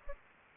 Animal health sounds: mosquito wingbeat signal from an infrared sensor; Aedes aegypti

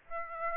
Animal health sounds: mosquito wingbeat signal from an infrared sensor; Aedes aegypti

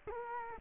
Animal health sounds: mosquito wingbeat signal from an infrared sensor; Culex quinquefasciatus

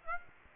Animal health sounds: mosquito wingbeat signal from an infrared sensor; Aedes aegypti

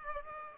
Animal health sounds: mosquito wingbeat signal from an infrared sensor; Aedes aegypti

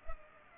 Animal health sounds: mosquito wingbeat signal from an infrared sensor; Culex pipiens

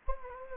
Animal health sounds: mosquito wingbeat signal from an infrared sensor; Anopheles gambiae

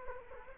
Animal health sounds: mosquito wingbeat signal from an infrared sensor; Culex quinquefasciatus

